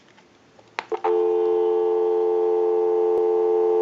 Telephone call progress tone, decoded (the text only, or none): dial tone